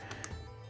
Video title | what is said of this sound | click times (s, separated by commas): Flat Tires and Planting Corn, Just another day at the Ranch | all right, got a click there, so that's 130. | 0.2 s